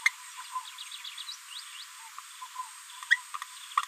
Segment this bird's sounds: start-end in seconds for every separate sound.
0.05-0.10, 3.10-3.19